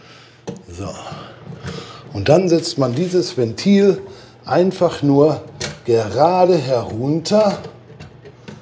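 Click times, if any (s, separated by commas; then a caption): 8.5 s. A fill valve is pushed straight down into its mount in a concealed Geberit toilet cistern while someone talks. It snaps and locks into place with a click at 8.5 s.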